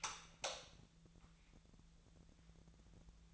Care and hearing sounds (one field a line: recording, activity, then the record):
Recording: daily activity, microphone in the room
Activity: light on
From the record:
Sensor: 3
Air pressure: 1000.0 hPa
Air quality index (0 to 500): 125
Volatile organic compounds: 2 ppm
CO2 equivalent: 1118 ppm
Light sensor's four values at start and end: 37/94/40/44 and 39/103/43/47